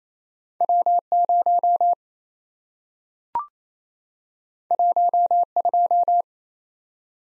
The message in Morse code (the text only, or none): W0 12